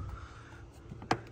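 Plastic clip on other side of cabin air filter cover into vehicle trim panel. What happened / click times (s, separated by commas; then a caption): The second side of the plastic cover clipped into place / 1.1 s. The other side of a plastic cabin air filter cover on a Rivian, fitted during a HEPA filter install, is pressed into the vehicle trim panel. After a quiet stretch and a faint tick near 1.0 s, its plastic clip pops into place with one sharp click at 1.1 s, followed by a soft tick at 1.3 s. The second side of the cover is now seated.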